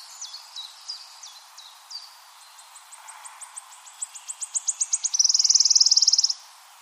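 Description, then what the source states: Wood warbler singing: a few soft, scattered high notes, then ticking notes that quicken and swell into a loud, shimmering trill that ends suddenly. Recorded 23 April 2013.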